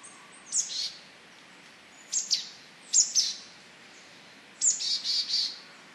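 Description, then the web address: Marsh tit calls: high sharp notes followed by short buzzy chatters, given in four separate bursts over a quiet background. Asahikawa; recorded 21 October 2011. "koe butogara 111021 asahikawa mju"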